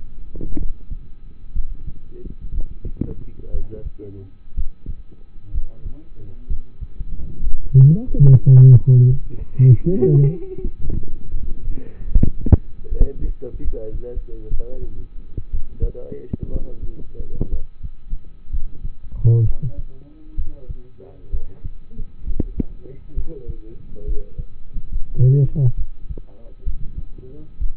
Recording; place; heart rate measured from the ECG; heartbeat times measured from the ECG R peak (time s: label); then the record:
heart sounds by stethoscope; between the tricuspid and mitral areas; 67 bpm
0.58 s: heartbeat
1.53 s: heartbeat
2.52 s: heartbeat
3.51 s: heartbeat
4.55 s: heartbeat
5.52 s: heartbeat
6.48 s: heartbeat
7.41 s: heartbeat
8.28 s: heartbeat
9.07 s: heartbeat
9.84 s: heartbeat
10.61 s: heartbeat
11.39 s: heartbeat
12.15 s: heartbeat
12.88 s: heartbeat
13.62 s: heartbeat
14.49 s: heartbeat
15.51 s: heartbeat
16.50 s: heartbeat
17.50 s: heartbeat
18.50 s: heartbeat
19.44 s: heartbeat
20.35 s: heartbeat
21.30 s: heartbeat
22.24 s: heartbeat
23.14 s: heartbeat
24.05 s: heartbeat
24.90 s: heartbeat
25.75 s: heartbeat
26.64 s: heartbeat
27.58 s: heartbeat
From the record:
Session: rest, lying down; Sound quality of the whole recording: partially saturated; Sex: male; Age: 27 years